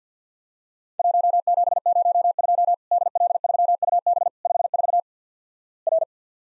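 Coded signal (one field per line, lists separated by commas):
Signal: Morse code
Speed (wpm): 51 wpm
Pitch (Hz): 700 Hz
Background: none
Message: 1702 DL3UB 54 R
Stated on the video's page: Worked All Europe DX Contest QTC exchange drill at 50 wpm, each exchange sent, spoken, then sent again.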